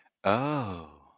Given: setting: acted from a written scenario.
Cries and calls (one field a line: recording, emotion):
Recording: vocal sound without words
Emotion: romantic love